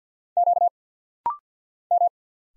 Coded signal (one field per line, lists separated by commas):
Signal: Morse code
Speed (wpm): 50 wpm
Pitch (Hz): 700 Hz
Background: none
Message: Q M